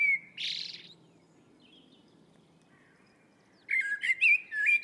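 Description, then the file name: Eurasian blackbird song: a short fluty note and a burst at the start, then a fuller warbled phrase with high twittering after a pause. "Turdus merula"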